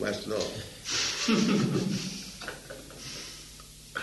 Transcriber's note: laughter